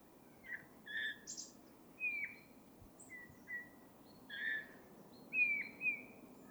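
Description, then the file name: Eurasian bullfinch calls, mellow whistled notes, some dropping in pitch, repeated irregularly over steady low background noise. "Pyrrhula pyrrhula"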